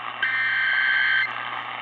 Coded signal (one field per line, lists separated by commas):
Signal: Emergency Alert System (SAME) tones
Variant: header bursts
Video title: Mother Nature Taking April Fools Too Seriously... | EAS #134-159 (Weather Alerts from 3/31-4/1/2023)